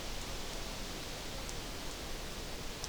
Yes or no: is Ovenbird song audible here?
no